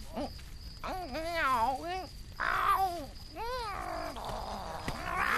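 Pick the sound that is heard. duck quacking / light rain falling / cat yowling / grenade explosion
cat yowling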